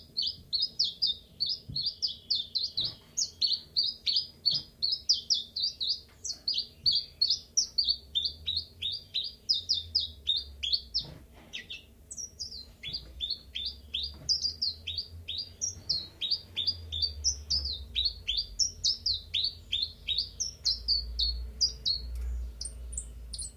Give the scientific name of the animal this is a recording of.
Phylloscopus collybita